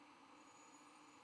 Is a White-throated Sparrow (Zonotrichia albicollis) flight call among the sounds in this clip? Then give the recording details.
no. No flight call is heard. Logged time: 03:38 on 12 November 2014